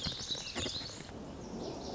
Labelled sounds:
Lazuli Bunting
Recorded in Sonoma County, California

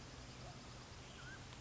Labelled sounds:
Mountain Quail
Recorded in Sonoma County, California

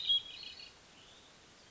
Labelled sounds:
Hermit Thrush
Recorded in Sonoma County, California

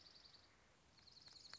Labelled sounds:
Dark-eyed Junco
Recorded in Sonoma County, California

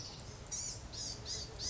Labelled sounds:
Blue-gray Gnatcatcher
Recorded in Sonoma County, California

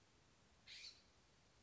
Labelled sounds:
California Scrub-Jay
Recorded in Sonoma County, California

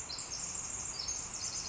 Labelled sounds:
Pacific Wren
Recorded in Sonoma County, California

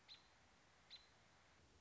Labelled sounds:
American Robin
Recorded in Sonoma County, California

